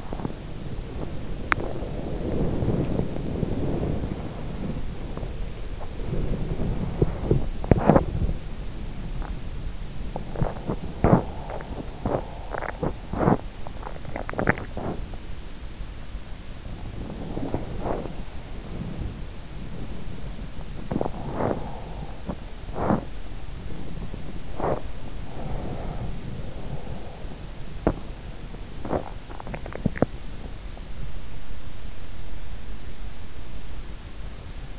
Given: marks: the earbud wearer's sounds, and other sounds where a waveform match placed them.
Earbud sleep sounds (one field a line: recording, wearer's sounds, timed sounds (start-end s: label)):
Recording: sounds in sleep by an in-ear microphone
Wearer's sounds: body movement, teeth grinding, swallowing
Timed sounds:
0.00-34.79 s: body movement
7.39-15.11 s: teeth grinding
29.29-30.60 s: swallowing